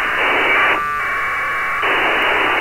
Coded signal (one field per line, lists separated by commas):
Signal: packet radio (AX.25, as in APRS)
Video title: APRS Packet Decoding